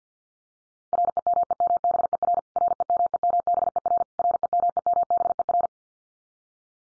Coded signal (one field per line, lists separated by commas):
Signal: Morse code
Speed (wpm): 50 wpm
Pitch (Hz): 700 Hz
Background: none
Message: REMEMBER REMEMBER REMEMBER